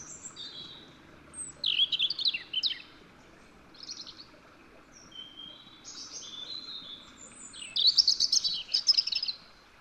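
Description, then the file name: European robin song: several separate high, thin warbling phrases with shrill trills and sweet notes, spaced by short pauses. "Erithacus rubecula"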